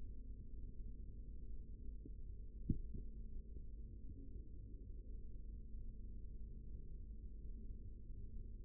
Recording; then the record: forearm muscle sounds (acoustic myography)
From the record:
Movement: rest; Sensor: system 3, bracelet of six PUI Audio POM-2738L microphones around the upper forearm, with dedicated amplification and filtering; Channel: 5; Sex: male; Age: 43 years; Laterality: right